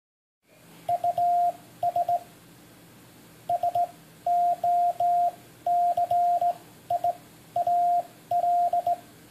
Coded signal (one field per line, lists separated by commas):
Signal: Morse code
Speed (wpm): 18 wpm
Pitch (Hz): 700 Hz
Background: radio noise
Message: US SOCIAL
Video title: One Minute Morse, #22!